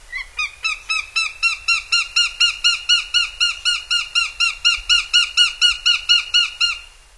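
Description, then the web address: Northern goshawk giving a loud, rapid cackle of harsh, evenly spaced kak notes, about four per second, held steadily for nearly seven seconds. "Songs of Birds of North America Stokes. Northern Goshawk"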